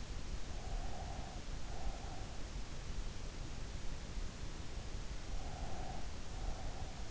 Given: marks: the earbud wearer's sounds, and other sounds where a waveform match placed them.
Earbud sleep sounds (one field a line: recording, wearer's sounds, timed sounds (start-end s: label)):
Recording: sounds in sleep by an in-ear microphone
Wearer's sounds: breath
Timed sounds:
0.34-2.46 s: breath
5.11-7.11 s: breath